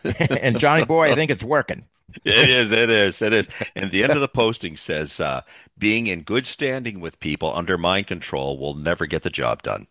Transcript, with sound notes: And, Johnny boy, I think it's working.
It is, it is, it is.
(laughs)
And the end of the posting says, uh, "Being in good standing with people under mind control will never get the job done.